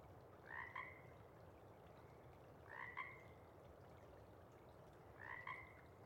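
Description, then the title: Pacific chorus frog calling with two-part rib-bit croaks, three calls repeated every few seconds over a steady low background hiss. Sparse chorus before dawn as first light appears; a few individuals keep calling to attract a mate while most of the pod has gone back to burrow and sleep. "Chorus Frogs, Sparse, pre-Dawn"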